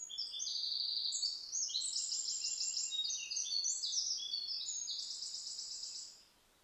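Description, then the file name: Eurasian wren giving one long, high, rattling song of fast trills and sharp notes lasting about six seconds over a steady background hiss. "Troglodytes troglodytes"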